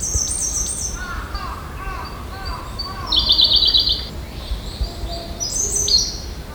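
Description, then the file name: Siberian blue robin song: thin high notes, then a dense rapid chattering trill lasting about a second, with more high phrases and lower warbled notes around it. "koruri"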